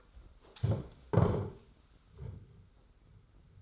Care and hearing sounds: daily activity, microphone in the room; stand up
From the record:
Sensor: 3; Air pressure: 991.6 hPa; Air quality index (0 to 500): 173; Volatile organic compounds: 1000 ppm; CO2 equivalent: 5749 ppm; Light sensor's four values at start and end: 35/99/41/35 and 35/100/41/35

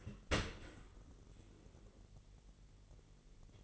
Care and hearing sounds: daily activity, microphone in the room; open dishwasher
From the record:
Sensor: 4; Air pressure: 999.1 hPa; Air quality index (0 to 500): 123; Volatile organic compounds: 2 ppm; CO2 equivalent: 1206 ppm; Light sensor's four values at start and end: 8/19/7/8 and 8/19/7/8

